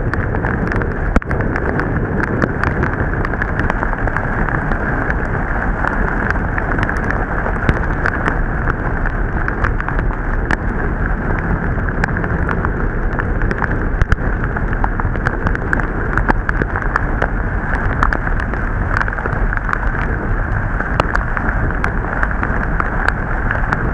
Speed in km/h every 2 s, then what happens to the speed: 15, 15, 16, 18, 18, 21, 21, 19, 18, 18, 14, 11.
0-12 steady at about 18. 12-24 slows to 11.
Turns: none.